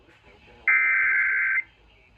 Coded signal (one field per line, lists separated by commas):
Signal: Emergency Alert System (SAME) tones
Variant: header bursts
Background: speech